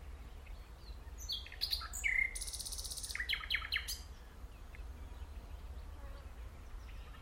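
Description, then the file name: Common nightingale song in a single soft phrase: a slurred whistle, then a dry buzzy trill and a few quick notes before quiet. "Luscinia megarhynchos"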